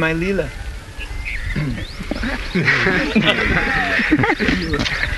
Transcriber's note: laughter